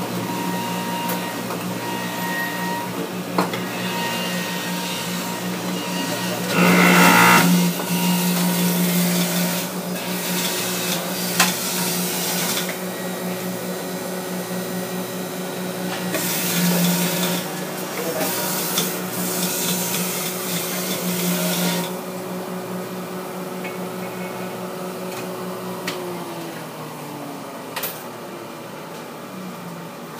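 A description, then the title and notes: A juicer motor hums steadily with a low, even drone, broken by louder grinding bursts near seven, sixteen and twenty seconds before fading. The sound of juice being juiced by thenycnomad.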